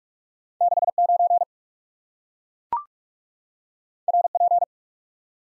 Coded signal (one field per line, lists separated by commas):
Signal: Morse code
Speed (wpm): 44 wpm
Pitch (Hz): 700 Hz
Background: none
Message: 69 RP